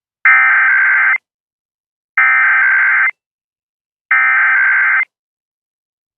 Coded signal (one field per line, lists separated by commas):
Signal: Emergency Alert System (SAME) tones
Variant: header bursts